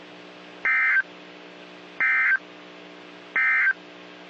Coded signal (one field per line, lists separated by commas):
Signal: Emergency Alert System (SAME) tones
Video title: EAS 1841-1847 (5/15 & 5/16/22)